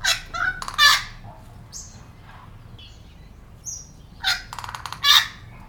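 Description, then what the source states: Wattlebird calls, grating coughing notes in short clusters, with a couple of brief higher whistles between them and low background noise. Recorded with a Zoom recorder.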